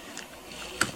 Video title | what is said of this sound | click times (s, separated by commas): How to assemble your Hugo® Sidekick™ Rolling Walker with a Seat | push down on the brake handle. You're going to feel and see it click into place. | 0.8 s